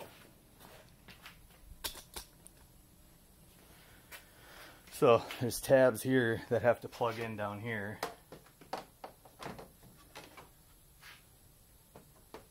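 A front bumper cover for a 2006–2016 Impala/Limited (9th generation) is handled into position on the car, with its plastic tabs lined up to push into their mating slots on the body. Someone talks midway while light taps and handling knocks sound around it. Nothing has seated or clicked yet.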